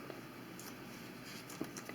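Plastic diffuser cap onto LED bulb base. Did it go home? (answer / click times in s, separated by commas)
no / none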